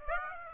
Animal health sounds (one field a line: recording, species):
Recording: mosquito wingbeat signal from an infrared sensor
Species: Aedes aegypti